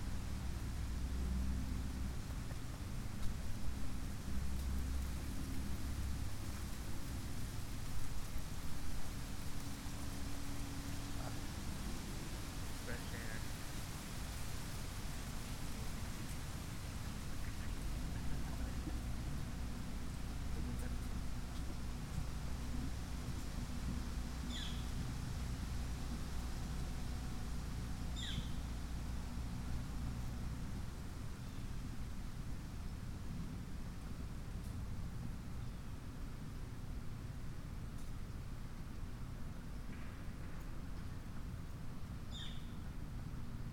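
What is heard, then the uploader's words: Wind moves steadily through an oak-hickory stand, a dense, even rush that never lets up, with a low rumbling hum underneath during the first half. Brief, high chirps cut through a few times after the middle, and a faint low tone lingers briefly. Oak-hickory stand on a breezy day with a few squirrels.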